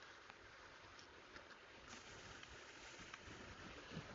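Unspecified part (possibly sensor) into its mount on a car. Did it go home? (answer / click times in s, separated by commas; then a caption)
no / none. Repeated attempts to press a part, possibly a sensor, into its mount on a car produce brief faint taps, including sharper ones near 0.3 s and 3.1 s, over a steady broadband hiss. Nothing has seated or clicked yet; the part will not latch, and the attempts end with the sensors being removed.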